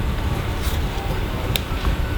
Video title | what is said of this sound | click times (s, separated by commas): Sembra un libro ma non è...🎶 | it clicked. Voila! Now it | 1.6 s